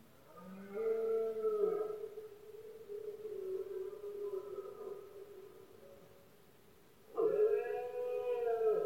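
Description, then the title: Red deer roaring: a long harmonic bellow, then quieter moans, and a second loud bellow near the end. Rut of male deer in Spain, called berrea or brama del ciervo; powerful bellows of stags, heard especially at night when the surroundings are quietest. "Paisaje sonoro: Berrea"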